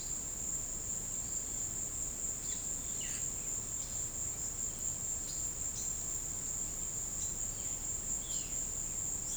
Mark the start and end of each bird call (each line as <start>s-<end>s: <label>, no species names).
2.90s-3.40s: bird call
8.22s-8.54s: bird call